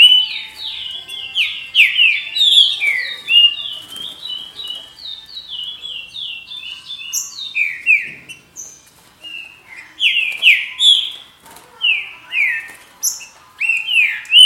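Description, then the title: Green-winged saltator singing a stream of loud, slurred whistles that descend in pitch, broken by brief pauses and then a burst of emphatic phrases near the end. "Trinca Ferro"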